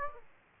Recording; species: mosquito wingbeat signal from an infrared sensor; Aedes aegypti